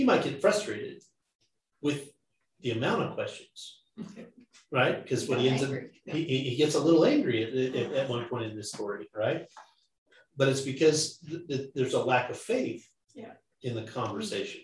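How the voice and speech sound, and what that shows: An adult man speaks in a Bible study talk with stuttering. He repeats whole words and sounds, as in "he, he", "at, at, at" and "th- th-", with pauses between phrases. The stutter dates from childhood and took a long time to get past, but it still comes through every once in a while.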